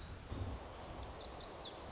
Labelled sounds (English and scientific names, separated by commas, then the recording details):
Lazuli Bunting (Passerina amoena)
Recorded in Sonoma County, California